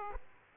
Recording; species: mosquito wingbeat signal from an infrared sensor; Aedes aegypti